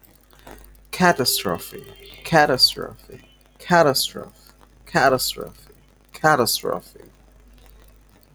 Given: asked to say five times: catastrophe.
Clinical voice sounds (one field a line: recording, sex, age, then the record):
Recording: repeated word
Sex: male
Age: 20 to 29 years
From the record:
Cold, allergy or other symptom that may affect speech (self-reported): yes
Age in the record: 24 years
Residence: Bangladesh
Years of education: 18